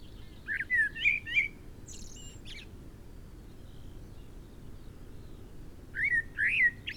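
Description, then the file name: Common blackbird delivering a low, melodious whistled phrase followed by thin high twitters, then after a long pause another short fluty warble. "Turdus merula"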